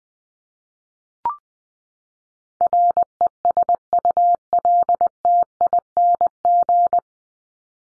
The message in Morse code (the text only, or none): RESULTING